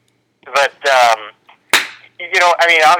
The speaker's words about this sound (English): A lot of people are getting slapped in this situation. A lot of slaps.